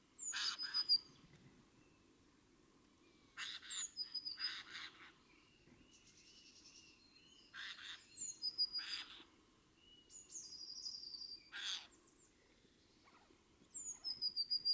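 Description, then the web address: Eurasian blue tit song: high thin notes and short trills among repeated harsh, noisy bursts and a few softer chirps. "SETE data Cyanistes caeruleus"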